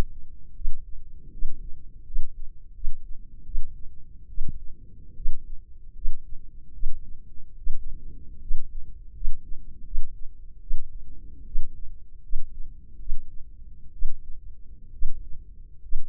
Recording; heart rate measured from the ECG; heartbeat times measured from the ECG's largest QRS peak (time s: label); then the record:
heart sounds by microphone in the left ear; 75 bpm
0.54 s: heartbeat
1.31 s: heartbeat
2.05 s: heartbeat
2.73 s: heartbeat
3.44 s: heartbeat
4.27 s: heartbeat
5.14 s: heartbeat
5.94 s: heartbeat
6.72 s: heartbeat
7.56 s: heartbeat
8.40 s: heartbeat
9.13 s: heartbeat
9.83 s: heartbeat
10.59 s: heartbeat
11.44 s: heartbeat
12.21 s: heartbeat
12.97 s: heartbeat
13.91 s: heartbeat
14.91 s: heartbeat
15.80 s: heartbeat
From the record:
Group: healthy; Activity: rest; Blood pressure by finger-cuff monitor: 113/78 mmHg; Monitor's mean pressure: 89 mmHg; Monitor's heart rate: 77 bpm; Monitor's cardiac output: 5.7 L/min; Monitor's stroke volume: 75 mL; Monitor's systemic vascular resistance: 1150 dyn s/cm5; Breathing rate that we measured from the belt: 18 breaths a minute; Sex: female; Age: 23 years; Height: 160 cm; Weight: 50.4 kg